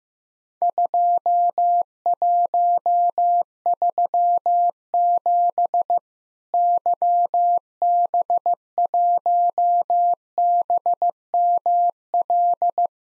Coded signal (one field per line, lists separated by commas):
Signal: Morse code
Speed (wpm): 15 wpm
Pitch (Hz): 700 Hz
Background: none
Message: 2137 YB1BML